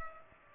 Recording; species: mosquito wingbeat signal from an infrared sensor; Culex pipiens